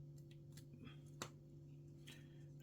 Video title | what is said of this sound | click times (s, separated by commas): Samsung T720 LCD Screen common fault ? | you a nice click and we're | 1.2 s